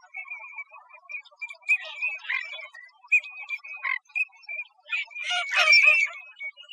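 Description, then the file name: Green-winged teals calling together, brief clear whistled notes repeated rapidly and unevenly, with a louder burst of overlapping harsh and whistled calls near the end. Recorded in Arizona. "AGWT deviche"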